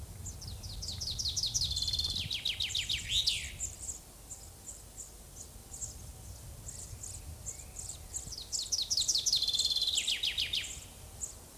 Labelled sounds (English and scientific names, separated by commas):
Common Chaffinch (Fringilla coelebs) song